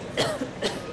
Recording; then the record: coughing mixed with background sound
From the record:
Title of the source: Coughing Woman Sound - Woman Cough Sound Effect